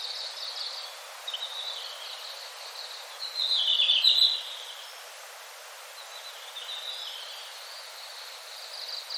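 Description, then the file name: Red-flanked bluetail: soft, high twittering that rises into a louder, sweet warble in the middle before settling back to quiet thin notes. "ruribi"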